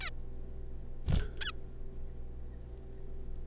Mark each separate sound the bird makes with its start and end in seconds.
0.01-0.10, 1.41-1.51